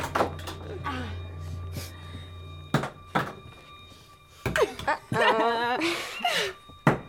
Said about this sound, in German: Messer werfen, bis eins stecken bleibt. Der hat gewonnen. Jeder bekam eines der 4 Jagdmesser. Und wir warfen die Messer, einer nach dem anderen, gegen die innere Tür seiner Hütte.